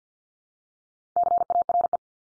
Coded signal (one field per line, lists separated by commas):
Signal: Morse code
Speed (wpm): 50 wpm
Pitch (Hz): 700 Hz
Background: none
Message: CARE